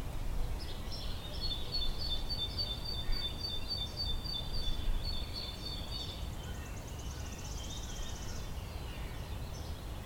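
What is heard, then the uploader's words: Birds sing in a forest, led by a fast, high, repeated twittering from about half a second to six seconds, then a brief buzzy trill near eight seconds. Other faint calls come and go over a steady low rumble of wind and outdoor noise. Forest Ambience Sounds. Join me in a forest this time and listen to the birds sing.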